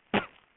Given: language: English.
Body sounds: throat vibration sensor signal played as sound; cough

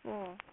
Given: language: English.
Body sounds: throat vibration sensor signal played as sound; speech

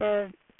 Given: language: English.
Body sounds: throat vibration sensor signal played as sound; speech

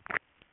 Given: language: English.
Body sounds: throat vibration sensor signal played as sound; swallow

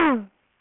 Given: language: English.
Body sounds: throat vibration sensor signal played as sound; throat clearing

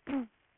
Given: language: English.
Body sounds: throat vibration sensor signal played as sound; throat clearing

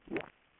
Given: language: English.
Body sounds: throat vibration sensor signal played as sound; swallow

